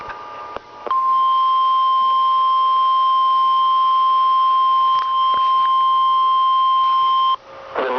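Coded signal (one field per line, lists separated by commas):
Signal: Emergency Alert System (SAME) tones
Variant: 1050 Hz attention tone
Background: speech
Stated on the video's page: Tornado Warning relayed over WAHC.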